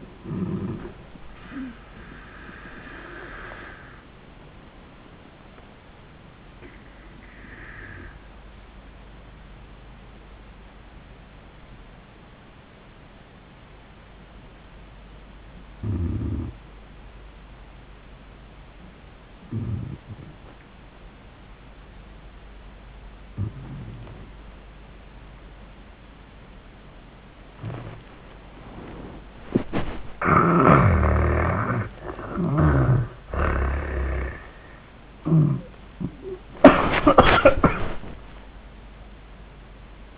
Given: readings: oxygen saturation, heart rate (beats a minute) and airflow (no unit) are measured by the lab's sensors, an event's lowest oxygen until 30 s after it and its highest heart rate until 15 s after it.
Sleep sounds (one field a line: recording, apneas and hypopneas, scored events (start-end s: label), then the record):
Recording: breathing in sleep by a voice recorder at the bedside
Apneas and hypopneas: 1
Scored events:
9.00-32.00 s: obstructive apnea (N2, oxygen 97% highest, then 78% lowest)
34.00-40.18 s: new sleep stage, N1 (lightest sleep)
From the record:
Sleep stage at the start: N2 (light sleep)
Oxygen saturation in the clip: 79 to 97%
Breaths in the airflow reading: 3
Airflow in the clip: -26.1 to 9.7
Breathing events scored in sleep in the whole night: 400 in 8.7 hours asleep